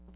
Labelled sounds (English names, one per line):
Hooded Warbler flight call